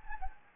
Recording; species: mosquito wingbeat signal from an infrared sensor; Anopheles gambiae